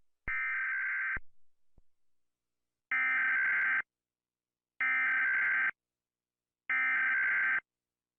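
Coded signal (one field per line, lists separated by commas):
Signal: Emergency Alert System (SAME) tones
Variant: header bursts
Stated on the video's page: Simulated EAS scenario depicting a World War 3 alert.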